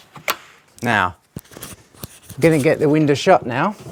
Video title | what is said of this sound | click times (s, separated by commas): How to fit Velux windows | so all you do is just let it go in let's see if we can hear the click | 0.3 s